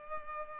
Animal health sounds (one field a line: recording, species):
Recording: mosquito wingbeat signal from an infrared sensor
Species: Culex pipiens